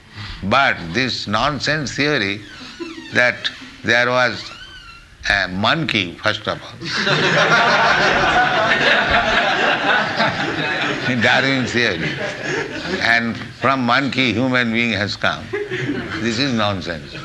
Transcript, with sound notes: But this nonsense theory, that there was a monkey first of all, [laughter] in Darwin's theory, and from monkey, human being has come, this is nonsense.